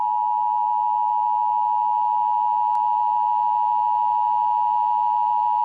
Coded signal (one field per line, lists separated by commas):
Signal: Emergency Alert System (SAME) tones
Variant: 853 and 960 Hz attention tone